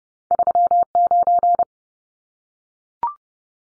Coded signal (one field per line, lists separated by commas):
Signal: Morse code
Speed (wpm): 30 wpm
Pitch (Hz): 700 Hz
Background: none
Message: 39